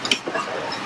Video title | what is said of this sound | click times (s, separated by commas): Pfaff creative icon 2 In-The-Hoop Project | onto the embroidery on okay clicked into place | 0.1 s